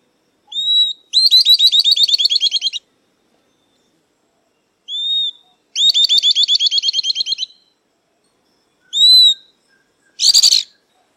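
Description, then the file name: Southern beardless-tyrannulet repeating its song twice, a high whistle opening a quick chatter, then a lone whistle and a short noisy burst. "Canto do Risadinha"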